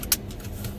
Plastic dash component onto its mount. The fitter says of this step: this guy just clips on here just snaps in and